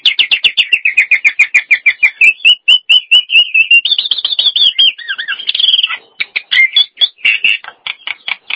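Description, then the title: Nias hill myna song: a fast series of clipped notes that merges into a wavering whistled trill, then slurred whistles and more rapid harsh notes. "Jalak Nias"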